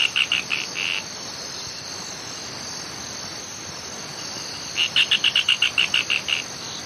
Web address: Natures Songs S America Eastern Lowlands. Synallaxis propinqua, song